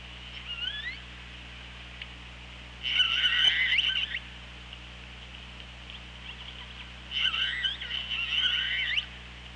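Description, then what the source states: Killer whale calls, a short rising whistle at the start, then two dense bursts of squeaky, buzzy calls around three and eight seconds. Recorded by OrcaLab hydrophone on 24 August 2017 at 15:39.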